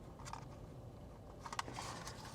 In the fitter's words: and I'm not hearing that little click